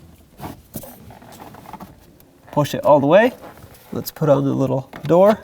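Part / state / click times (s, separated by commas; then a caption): cabin air filter going into the HVAC filter housing / not seated / none. A new pleated cabin air filter for a 2007-2010 Chrysler Sebring is turned so its airflow arrow faces the right way and fed into the HVAC filter housing opening, making quiet rustling and scraping with a few small sharp ticks between about 1.4 and 2.2 seconds. Someone then talks. The filter is only being lined up before being pushed in, and nothing has seated or clicked yet.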